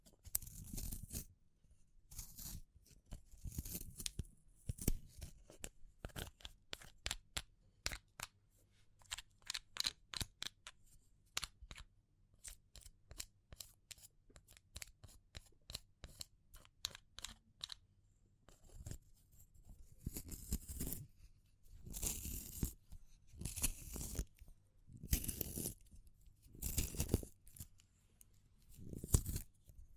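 Wood, bamboo and straw are handled, producing crisp taps and snaps. The first two-thirds is a dense run of quick, sharp clicks, some rapid and close-spaced. After about twenty seconds the sound shifts to longer, rustly crunching swishes with short gaps between them.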